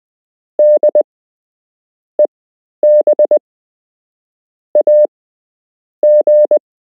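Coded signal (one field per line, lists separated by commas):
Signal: Morse code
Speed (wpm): 20 wpm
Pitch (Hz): 600 Hz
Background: none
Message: D EB AG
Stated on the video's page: Beginner Morse code lesson with real Morse code to learn.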